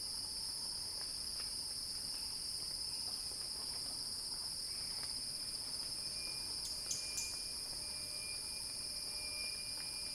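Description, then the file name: Cicadas sustain a loud high buzz, with a brief sharp click and a thin whistle-like tone in the latter part. Cicada chorus in a crescendo. "earth-fm Axel-Drioli Cicada-Crescendo-Sounding-Wild"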